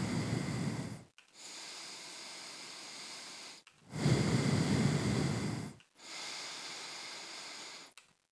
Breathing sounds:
nose breathing near a microphone
0.00-1.17 s: exhalation
1.17-3.67 s: inhalation
3.67-5.77 s: exhalation
5.77-7.97 s: inhalation
From the record:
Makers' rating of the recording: medium

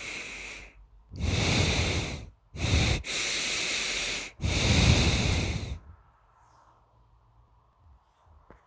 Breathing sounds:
nose breathing near a microphone
0.00-0.57 s: inhalation
1.10-2.03 s: exhalation
2.03-4.26 s: inhalation
4.26-5.72 s: exhalation
From the record:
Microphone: phone

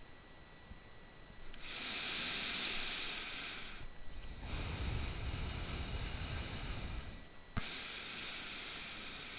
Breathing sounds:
nose breathing near a microphone
1.56-4.16 s: inhalation
4.16-7.27 s: exhalation
7.27-9.39 s: inhalation
From the record:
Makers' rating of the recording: bad

